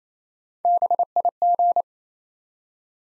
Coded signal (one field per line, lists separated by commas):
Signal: Morse code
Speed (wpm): 28 wpm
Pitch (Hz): 700 Hz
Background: none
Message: BIG